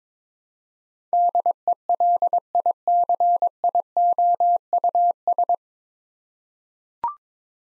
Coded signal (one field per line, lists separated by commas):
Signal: Morse code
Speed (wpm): 22 wpm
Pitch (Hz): 700 Hz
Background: none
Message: DELICIOUS